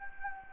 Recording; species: mosquito wingbeat signal from an infrared sensor; Anopheles gambiae